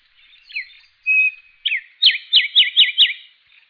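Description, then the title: Bird song with a few introductory whistles and a level note, followed by a quick run of five descending slurred whistles. "LuckyPassaro Completos2Sama"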